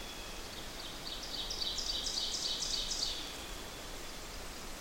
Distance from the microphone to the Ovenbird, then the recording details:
about 40 m. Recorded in boreal forest in Alberta, Canada, on 8 June 2016 at 06:27. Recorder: SongMeter 3, array SBT-3-9. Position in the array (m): 50 m, 107 m. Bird 33